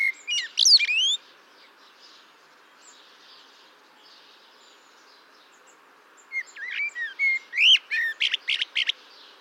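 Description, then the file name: Eurasian blackbird song: a brief high warbled burst, a long quiet stretch, then a longer phrase of whistles and sharp squeaky twitters. "Turdus merula"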